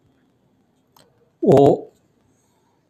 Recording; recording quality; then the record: sustained vowel as in boot; excellent, no background noise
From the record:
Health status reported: healthy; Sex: male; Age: 50 years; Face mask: not worn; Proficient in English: yes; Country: India